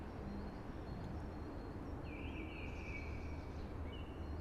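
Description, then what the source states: Eurasian blackbird giving one drawn-out, smoothly flowing fluted phrase followed by a short high note, with constant low rushing sound behind. Singing early, amongst hushing conifers.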